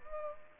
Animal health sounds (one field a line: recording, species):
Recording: mosquito wingbeat signal from an infrared sensor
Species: Culex pipiens